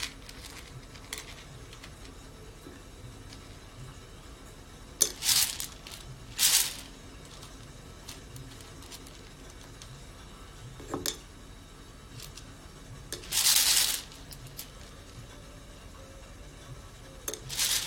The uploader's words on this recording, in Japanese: 今朝は”キリマンジャロブレンド”生豆を焙煎。